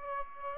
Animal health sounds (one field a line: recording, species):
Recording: mosquito wingbeat signal from an infrared sensor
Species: Aedes aegypti